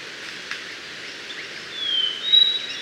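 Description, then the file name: Mangrove robin calls, two thin, clear whistled notes near the end, the second steady and slightly higher, over a steady hiss of background noise. "Melanodryas Pulverulenta"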